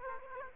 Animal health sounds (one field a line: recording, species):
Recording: mosquito wingbeat signal from an infrared sensor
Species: Aedes aegypti